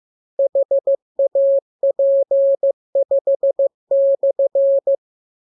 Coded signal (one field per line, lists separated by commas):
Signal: Morse code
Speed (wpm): 15 wpm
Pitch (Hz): 550 Hz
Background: none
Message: HAP5/